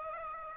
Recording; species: mosquito wingbeat signal from an infrared sensor; Aedes aegypti